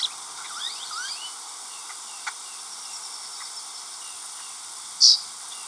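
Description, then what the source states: Blue grosbeak flight call, one loud, short, buzzy note near the end, after fainter chirps and slurred notes from other birds over a constant hiss. Perched bird in Texas, April 18, 1994, giving diurnal flight calls.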